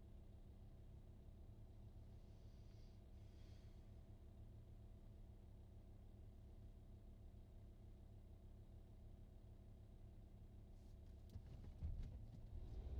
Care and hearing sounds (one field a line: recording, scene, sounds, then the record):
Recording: everyday scene through a hearing-aid microphone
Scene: in a vehicle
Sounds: engine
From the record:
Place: VW T5 Caravelle, diesel engine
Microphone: in the ear canal, right